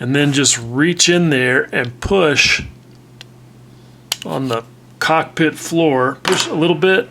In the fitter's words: then it'll pop into place and so now you can see that it's fully seated in there